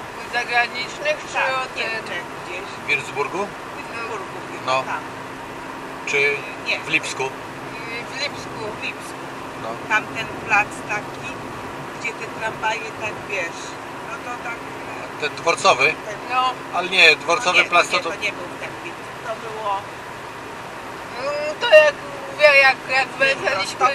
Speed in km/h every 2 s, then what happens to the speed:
87, 87, 88, 88, 89, 90, 89, 89, 89, 89, 87, 87.
0-24 steady at about 88.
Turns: none.